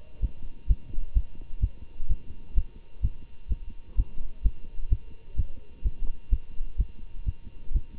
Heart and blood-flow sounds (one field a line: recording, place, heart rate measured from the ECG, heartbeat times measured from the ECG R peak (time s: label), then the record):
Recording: heart sounds by stethoscope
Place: between the tricuspid and mitral areas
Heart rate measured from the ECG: 128 bpm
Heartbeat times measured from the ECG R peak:
0.21 s: heartbeat
0.67 s: heartbeat
1.13 s: heartbeat
1.60 s: heartbeat
2.08 s: heartbeat
2.54 s: heartbeat
3.01 s: heartbeat
3.48 s: heartbeat
3.96 s: heartbeat
4.42 s: heartbeat
4.89 s: heartbeat
5.36 s: heartbeat
5.83 s: heartbeat
6.29 s: heartbeat
6.76 s: heartbeat
7.24 s: heartbeat
7.72 s: heartbeat
From the record:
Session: Bruce protocol treadmill stress test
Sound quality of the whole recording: good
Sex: male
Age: 25 years